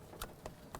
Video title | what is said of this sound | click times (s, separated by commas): How to Replace Ignition Coil Pack 2006-2013 Chevrolet Impala | you hear it audible click and you're locked into place | 0.8 s